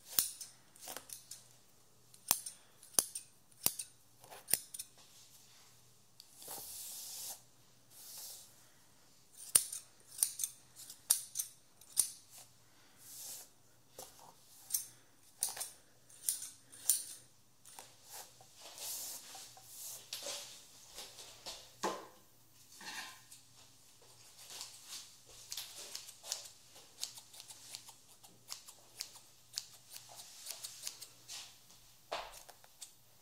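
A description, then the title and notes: A haircut with no talking: scissors snip in quick, sharp clicks, often in rapid bursts, with brief pauses between runs. Softer brushing, rustling passes of hair fill the gaps, and a faint low steady hum runs underneath throughout. Haircut Real Hair and No Talking.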